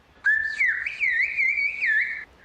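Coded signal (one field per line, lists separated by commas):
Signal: whistled language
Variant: Turkish kuş dili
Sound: a steady whistle then a rapidly gliding, rising and falling whistled phrase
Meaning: We have guests this evening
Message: Akşam misafirlerimiz var.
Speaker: Akşam misafirlerimiz var.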